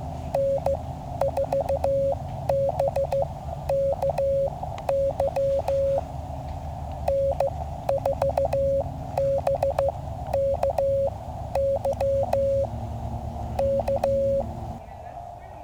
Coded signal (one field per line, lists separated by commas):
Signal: Morse code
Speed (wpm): 14 wpm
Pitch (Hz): 550 Hz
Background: speech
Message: N4BKY N4BKY K